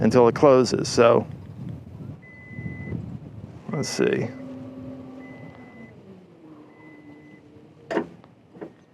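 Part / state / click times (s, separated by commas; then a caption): power-closing lid or gate latch on a pickup truck body / seated / 7.9 s. Someone talks while holding the button to power-close a lid or gate on a Chevrolet Silverado EV RST electric pickup truck, as a repeating high beep sounds and a motor hums with a slowly falling pitch. At 7.9 s the lid or gate catches on its latch with a sharp click, followed by a faint tick, after which it finishes closing by itself.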